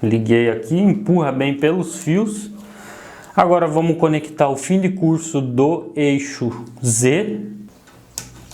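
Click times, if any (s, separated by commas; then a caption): 8.2 s. Someone talks while assembling a Two Trees Bluer 3D printer, then plugs the Z-axis endstop cable's plastic latching connector into its limit switch socket. It seats with a sharp click at 8.2 s, and the connection is confirmed.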